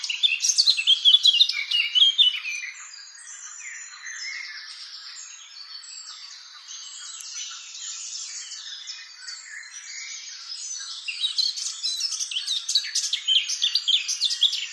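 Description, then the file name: Eurasian blackcap warbling: loud rapid twitters for two seconds, a long stretch of soft chatter, then the bright jumbled phrases return near the end. "Sylvia atricapilla"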